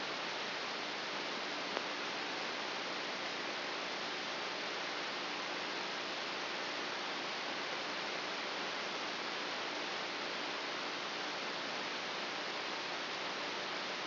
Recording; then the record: brain microelectrode recording played as sound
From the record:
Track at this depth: inside the subthalamic nucleus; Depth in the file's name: 4.502 mm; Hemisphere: left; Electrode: 2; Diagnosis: Parkinson's disease